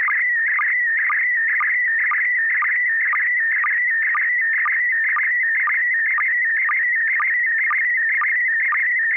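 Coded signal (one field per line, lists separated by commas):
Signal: SSTV (slow-scan television)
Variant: PD120 mode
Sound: warbling whistle-like tone with a short low chirp about twice a second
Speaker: Okay, I have a picture. This is going to be PD120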